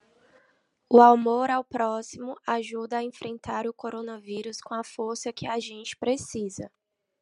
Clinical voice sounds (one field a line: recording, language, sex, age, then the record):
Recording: spoken sentence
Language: Brazilian Portuguese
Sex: female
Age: 30 to 39 years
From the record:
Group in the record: control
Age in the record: 30 years